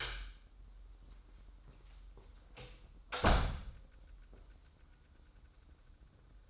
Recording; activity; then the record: daily activity, microphone in the room; close door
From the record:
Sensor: 3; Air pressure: 994.4 hPa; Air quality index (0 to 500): 202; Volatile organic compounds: 1000 ppm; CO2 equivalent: 6756 ppm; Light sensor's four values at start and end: 142/339/141/137 and 134/320/132/128